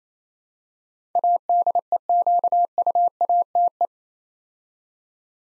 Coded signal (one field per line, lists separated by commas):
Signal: Morse code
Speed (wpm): 27 wpm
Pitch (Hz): 700 Hz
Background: none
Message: ADEQUATE